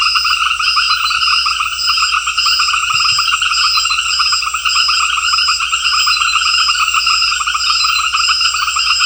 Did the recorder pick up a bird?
no